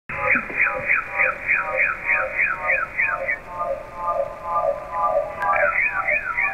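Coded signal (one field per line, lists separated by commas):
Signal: multi-tone FSK (Olivia or MFSK type)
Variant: MFSK32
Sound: burbling stepped tones under a repeating swooping warble about three times a second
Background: radio static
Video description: here is my decode of the Shortwave Radiogram broadcast today on 15770Khz shortwave radio at 1300UTC in MFSK32 and 64 and with 9 SSTV images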